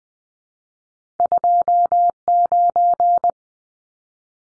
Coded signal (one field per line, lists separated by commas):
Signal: Morse code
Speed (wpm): 20 wpm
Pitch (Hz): 700 Hz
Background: none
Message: 29